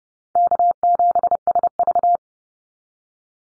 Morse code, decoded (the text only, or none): K7SV